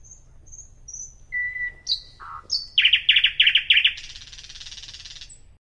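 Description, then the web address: Nightingale singing: soft high whistles, a flat whistled note, then a loud rapid run of repeated chuck notes ending in a dense buzzy rattle; faint low hum. "соловей"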